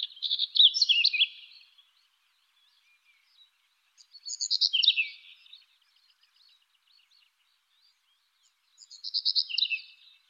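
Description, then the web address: European stonechat song: short, scratchy, twittering phrases about one and a half seconds long, high-pitched, repeated roughly every four seconds with silence between, no other sounds. "IVN Zangvogels -Roodborsttapuit"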